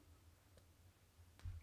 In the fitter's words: pops into place stays on i think it's super strong to be honest um